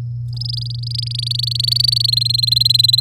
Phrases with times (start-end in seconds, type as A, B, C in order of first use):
0.33-2.06 A, 2.08-3.00 B